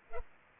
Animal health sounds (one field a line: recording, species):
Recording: mosquito wingbeat signal from an infrared sensor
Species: Culex pipiens